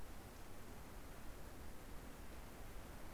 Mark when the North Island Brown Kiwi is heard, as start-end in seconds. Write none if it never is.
none